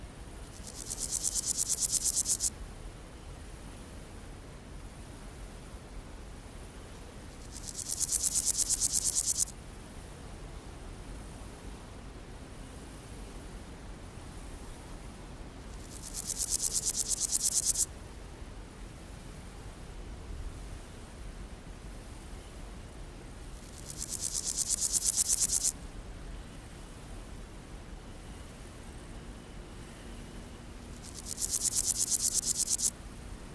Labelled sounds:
Meadow Grasshopper
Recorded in the wild
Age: imago
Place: Rappelsdorf (b. Schleusingen), Thüringen, DE
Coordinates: 50.5, 10.7167
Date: 1987-08-22 17:27
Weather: sunny, ca. 33,7°C in the sun
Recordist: Tembrock, Günter

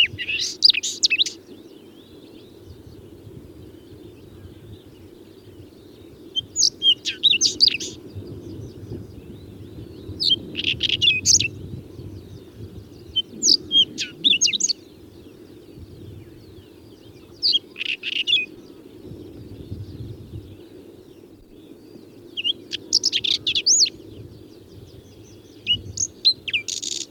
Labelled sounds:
Whinchat song
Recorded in the wild
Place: Schwerin, Lewitz, Mecklenburg-Vorpommern, DE
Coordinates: 53.636, 11.401
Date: 1984-04-30
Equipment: Nagra III BH, Sennheiser MD 21, parabola
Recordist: Schubert, Michael
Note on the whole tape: Spontangesang von Braunkehlchen, sehr konkret

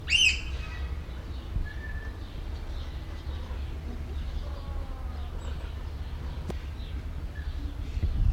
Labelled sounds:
Crowned Lapwing call
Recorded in captivity
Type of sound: call
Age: adult
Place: Zoo Berlin, Berlin, DE
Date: 1994-06-11 12:26
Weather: heiter, 12-16°C
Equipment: Marantz CP 430, Sennheiser ME 80, Kopie Uher Variocord 263
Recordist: Tembrock, Günter
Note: Langlaut, Entfernung 5 m

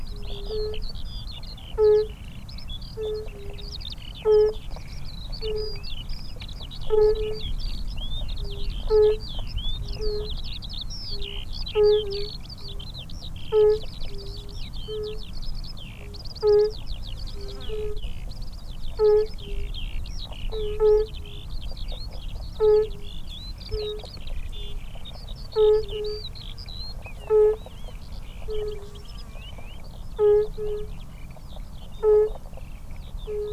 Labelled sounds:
Fire-Bellied Toad call
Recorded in the wild
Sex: male
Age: adult
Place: Falkenberger Rieselfelder, Barnim, Berlin, DE
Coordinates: 52.5839, 13.5542
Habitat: pond
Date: 1991-04-28 12:42
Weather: leicht diesig; Wasser: 16°C. Luft: 19°C
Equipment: Uher 4000 Report Monitor, Sennheiser ME 80, K 30 AV, Original, Windschutz
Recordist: Frommolt, Karl-Heinz

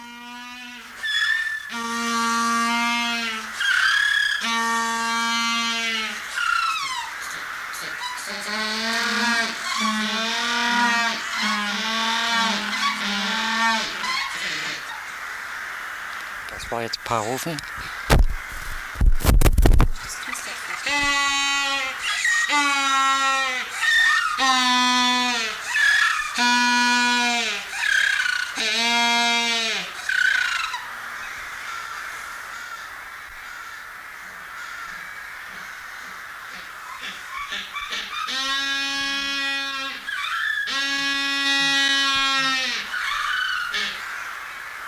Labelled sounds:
Humboldt Penguin call
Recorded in captivity
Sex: diverse
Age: adult
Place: Tiergarten Schönbrunn, Wien, AT
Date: 1999-11-10 17:00
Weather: bedeckt, ca. 5°C
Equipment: Sony WM-D6C, Sennheiser ME 80, Kopie Uher 4000 Report Monitor
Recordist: Tembrock, Günter

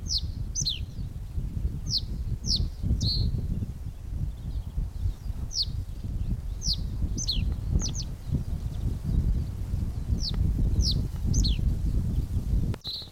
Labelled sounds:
Reed Bunting
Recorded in the wild
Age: adult
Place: Schönerlinde, Naturpark Barnim, Brandenburg, DE
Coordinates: 52.651, 13.406
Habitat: pond
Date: 1992-05-01 11:15
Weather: heiter bis wolkig, böiger Wind, 16 °C
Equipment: Nagra SN, Mikrofon AKG CK 8, Kopie Tesla B 116
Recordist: Tembrock, Günter

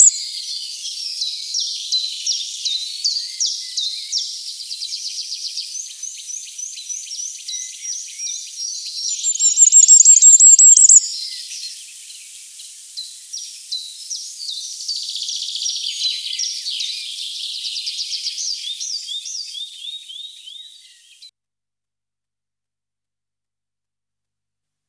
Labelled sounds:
Common Firecrest song
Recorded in the wild
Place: Kandel /Schwarzwald; Waldkirch, Baden-Württemberg, DE
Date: 1984-07-01
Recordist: Schwarz, Dieter

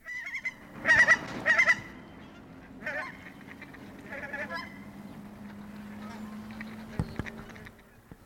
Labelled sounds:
Hawaiian Goose call
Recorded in captivity
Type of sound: call, call sequence
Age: adult
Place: Zoo Leipzig, Sachsen, DE
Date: 1992-01-11 10:15
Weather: bedeckt, 0°C
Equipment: Nagra SN, Mikrofon AKG CK 8, Kopie Tesla B 116
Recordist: Tembrock, Günter
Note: Lautfolge (Hochstellung); Dauer 10 s

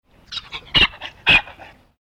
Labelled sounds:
Onager
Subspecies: onager
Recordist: Tembrock, Günter
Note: Onager: Rufreihe eines Hengstes

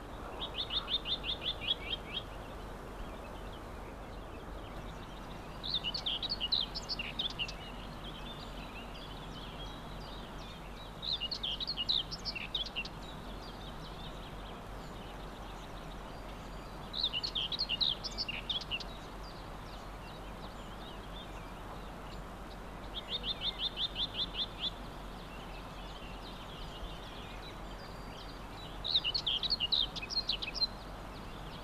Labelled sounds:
Common Whitethroat song
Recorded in the wild
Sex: male
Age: adult
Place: Spittal an der Drau, Drautal, Kärnten, AT
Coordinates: 46.7917, 13.4958
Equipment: Uher 4000, Philips Mikrofon Type EL 6020, Kopie DAT
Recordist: Brunner, Thomas

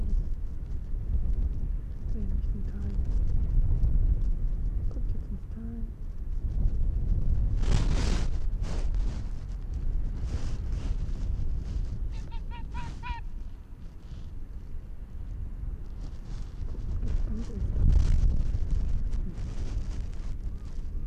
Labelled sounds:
Arctic Fox
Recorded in the wild
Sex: male
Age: adult
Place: Insel Mednyi, Kommandeur-Inseln, RU
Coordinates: 54.5167, 168.083
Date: 1999-08-11 19:16
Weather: 11°C, heiter, starker Südwind
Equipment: Sony WM-D6C, Sennheiser ME 80, K 30 AV, Windkorb, Kopie Tascam DA 30
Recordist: Jakupi, Antje
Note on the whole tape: Südosten der Insel, Haupttal, weisse Stange: Bellstrophen des Rüden grün/grün 68 von der Anhöhe zwischen weisser Stange und Bambusstange. Entfernung ca. 90 m

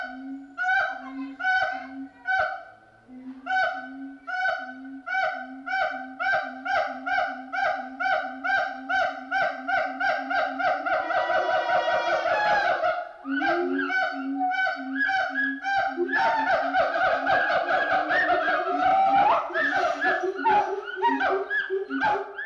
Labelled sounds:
Siamang
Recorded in captivity
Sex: pair
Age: adult
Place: Zoo Berlin, Berlin, DE
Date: 1988-07-23
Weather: sonnig, 21-30°C
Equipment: 19 cm Stereo
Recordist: Tembrock, Günter

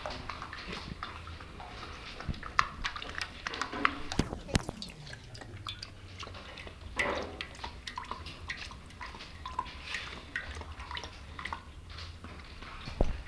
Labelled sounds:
Sun Bear
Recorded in captivity
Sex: male
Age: adult
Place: Tierpark Berlin, Berlin, DE
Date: 1967-07-02
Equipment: R 20/2, Sennheiser MD 421
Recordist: Tembrock, Günter

